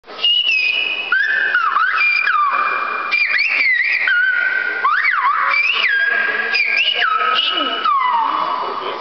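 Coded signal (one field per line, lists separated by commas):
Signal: whistled language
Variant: Silbo Gomero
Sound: loud gliding whistles rising and falling between held pitches, continuous for nine seconds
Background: background noise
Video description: La Gomera, siblo idioma / whistling language.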